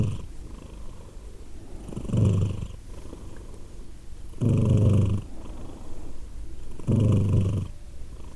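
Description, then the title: Purring cat, a continuous low rumble punctuated by three louder swelling phrases roughly every two and a half seconds. Cat named Edith, purring, Glasgow, Scotland, December 2023. "Edith purring, Glasgow, Scotland in December 2023 – by Steve Urquhart"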